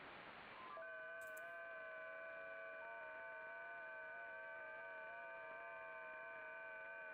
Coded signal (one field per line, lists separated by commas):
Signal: FT8